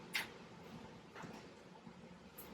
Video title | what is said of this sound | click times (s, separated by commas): Jeep Wrangler JK Bestop NX Glide Soft Top Installation | Those are snapping to those these tailgate bar mounts we installed earlier on. | 0.2 s